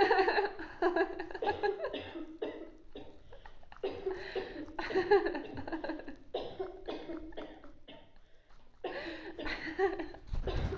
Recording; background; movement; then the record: laughter; a bystander coughing; sitting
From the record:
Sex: female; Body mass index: 18.3 kg/m2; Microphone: on the chest, facing outward